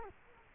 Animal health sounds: mosquito wingbeat signal from an infrared sensor; Culex quinquefasciatus

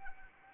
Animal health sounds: mosquito wingbeat signal from an infrared sensor; Anopheles arabiensis

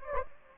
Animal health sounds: mosquito wingbeat signal from an infrared sensor; Anopheles gambiae

